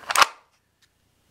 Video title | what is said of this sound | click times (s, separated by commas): Custom Kydex Holster - DeLaRosa | and you can see how nice that fits in there you can hear the snap | 0.2 s